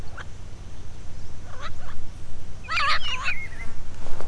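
Bird call: a few faint short notes, then one louder burst of grating, harmonic calls ending in a thin whistle, with a low hum throughout.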